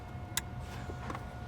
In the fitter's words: you hear that click